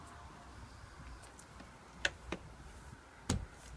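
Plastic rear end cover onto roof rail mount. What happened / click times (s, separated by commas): The plastic cover is being handled but is not yet seated / none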